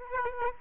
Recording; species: mosquito wingbeat signal from an infrared sensor; Aedes aegypti